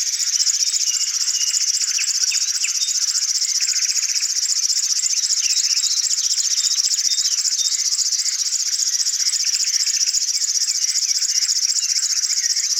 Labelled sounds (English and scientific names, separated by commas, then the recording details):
River Warbler (Locustella fluviatilis) song
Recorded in the wild
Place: Pripyatskiy NP, BY
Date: 2005-05-25
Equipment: Minidisc Sony MZ-R35, Telinga DAT, Telinga-Parabolspiegel
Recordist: Schwarz, Dieter